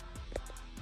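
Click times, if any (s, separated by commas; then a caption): none. A dash clock housing is pressed by hand into its opening in the plastic dash of a 1976 Ford Mustang, and it is still only a snug fit. Soft handling noises are heard, with a brief sharp tick at 0.4 s over low background hum. Nothing has seated or clicked yet.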